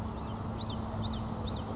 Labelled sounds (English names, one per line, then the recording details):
Common Yellowthroat
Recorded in Sonoma County, California